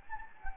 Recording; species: mosquito wingbeat signal from an infrared sensor; Anopheles gambiae